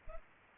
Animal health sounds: mosquito wingbeat signal from an infrared sensor; Culex pipiens

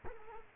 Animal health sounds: mosquito wingbeat signal from an infrared sensor; Culex quinquefasciatus

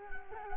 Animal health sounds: mosquito wingbeat signal from an infrared sensor; Culex quinquefasciatus

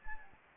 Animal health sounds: mosquito wingbeat signal from an infrared sensor; Anopheles gambiae

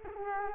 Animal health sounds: mosquito wingbeat signal from an infrared sensor; Culex quinquefasciatus

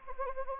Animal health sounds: mosquito wingbeat signal from an infrared sensor; Anopheles gambiae

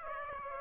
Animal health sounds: mosquito wingbeat signal from an infrared sensor; Aedes aegypti

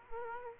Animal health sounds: mosquito wingbeat signal from an infrared sensor; Aedes aegypti

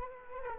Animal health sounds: mosquito wingbeat signal from an infrared sensor; Culex quinquefasciatus

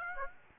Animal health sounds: mosquito wingbeat signal from an infrared sensor; Aedes aegypti

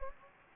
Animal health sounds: mosquito wingbeat signal from an infrared sensor; Anopheles gambiae

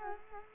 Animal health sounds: mosquito wingbeat signal from an infrared sensor; Culex quinquefasciatus

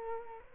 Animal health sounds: mosquito wingbeat signal from an infrared sensor; Culex quinquefasciatus

